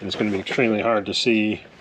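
Someone talks while handling the swing-out arm of a Chassis Unlimited steel rear bumper on a Power Wagon, which closes onto a double-locking latch pin. Only speech is heard in the clip. The arm has not gone home and nothing has clicked or seated yet.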